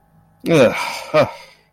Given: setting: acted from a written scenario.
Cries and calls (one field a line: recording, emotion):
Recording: vocal sound without words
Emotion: contempt